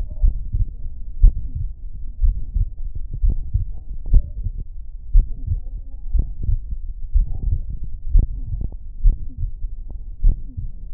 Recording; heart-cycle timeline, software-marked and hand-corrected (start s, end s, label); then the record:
heart sounds
0.00	0.22	diastole
0.22	0.36	S1
0.36	0.54	systole
0.54	0.66	S2
0.66	1.20	diastole
1.20	1.34	S1
1.34	1.56	systole
1.56	1.68	S2
1.68	2.22	diastole
2.22	2.36	S1
2.36	2.54	systole
2.54	2.68	S2
2.68	3.22	diastole
3.22	3.36	S1
3.36	3.54	systole
3.54	3.66	S2
3.66	4.10	diastole
4.10	4.24	S1
4.24	4.44	systole
4.44	4.54	S2
4.54	5.12	diastole
5.12	5.26	S1
5.26	5.48	systole
5.48	5.60	S2
5.60	6.12	diastole
6.12	6.26	S1
6.26	6.48	systole
6.48	6.60	S2
6.60	7.14	diastole
7.14	7.26	S1
7.26	7.46	systole
7.46	7.60	S2
7.60	8.12	diastole
8.12	8.28	S1
8.28	8.50	systole
8.50	8.60	S2
8.60	9.04	diastole
9.04	9.18	S1
9.18	9.40	systole
9.40	9.52	S2
9.52	10.22	diastole
10.22	10.36	S1
10.36	10.58	systole
10.58	10.68	S2
10.68	10.94	diastole
From the record:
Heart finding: mitral regurgitation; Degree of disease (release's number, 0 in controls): 2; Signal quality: good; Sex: female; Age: 82 years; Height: 1.53 m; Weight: 60 kg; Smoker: no